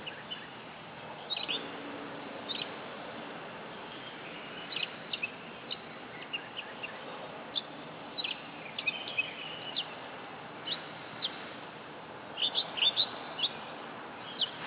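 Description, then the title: Oriental magpie-robin song: sharp, high chirps and short whistles given in irregular bursts, denser near the end, against constant low hiss. Female competition bird, black poci type, described as gacor (singing persistently) and as a fighting bird, a national first-prize champion from East Java, Indonesia. "Kacer Juara 1 Nasional gacor kacer juara nasional jawa timur kacer tarung betina poci gacor hitam"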